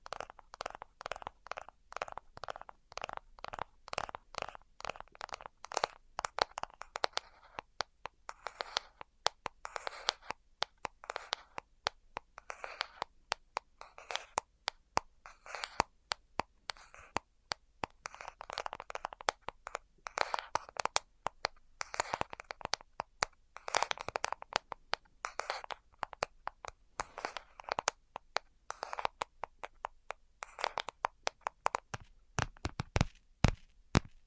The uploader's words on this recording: ASMR 10 Levels of Tapping Tingle Immunity Treatment No Talking.